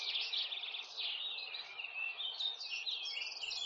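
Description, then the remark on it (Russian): A goldcrest sings in a forest in summer, a continuous, high-pitched warbling song of quick trills and chirps, steady in loudness throughout, with no voices. “Услыхал медведь прекрасное пение какой-то птицы и говорит: «Братец волк, что это за птица, которая так прекрасно поет?»”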